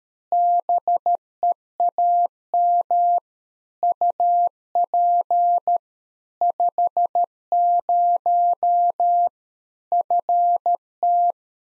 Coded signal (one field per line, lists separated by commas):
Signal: Morse code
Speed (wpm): 13 wpm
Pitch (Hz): 700 Hz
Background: none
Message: BEAM UP 50 FT